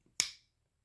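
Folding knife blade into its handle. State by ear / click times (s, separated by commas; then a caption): seated / 0.2 s. A traditional folding knife blade is worked so it snaps into position in its handle under spring tension. A single sharp, bright snap sounds at 0.2 s and rings out briefly in otherwise quiet surroundings. The blade seats with a pretty good snap.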